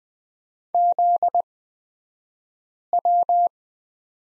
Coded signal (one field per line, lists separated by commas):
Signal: Morse code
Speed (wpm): 20 wpm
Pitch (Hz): 700 Hz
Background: none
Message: ZW